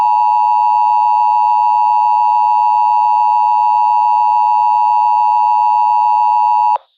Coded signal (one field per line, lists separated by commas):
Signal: Emergency Alert System (SAME) tones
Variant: 853 and 960 Hz attention tone